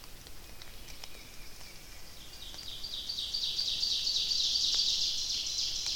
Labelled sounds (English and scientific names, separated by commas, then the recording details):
Ovenbird (Seiurus aurocapilla) song
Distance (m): 60 m
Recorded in boreal forest in Alberta, Canada, on 29 May 2016 at 05:44
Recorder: SongMeter 3, array SBT-3-49
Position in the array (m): 117 m, 134 m
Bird 15